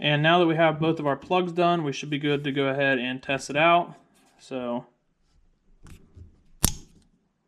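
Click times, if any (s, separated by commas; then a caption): 6.6 s. Someone talks, then pushes the finished plastic wiring plug of a steering wheel cord into its mating connector to test it. A sharp click at 6.6 seconds marks the plug snapping into place, fully seated.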